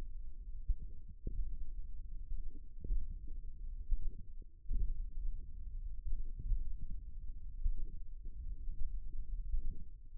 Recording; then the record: forearm muscle sounds (acoustic myography)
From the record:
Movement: tripod grip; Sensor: system 1, eight BSWA MPA416 microphones around the upper forearm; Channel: 8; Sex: male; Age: 54 years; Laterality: right